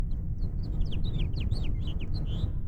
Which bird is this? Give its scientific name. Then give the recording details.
Haemorhous mexicanus. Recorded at Oceanside on Long Island, New York, on 17 June 1975. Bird E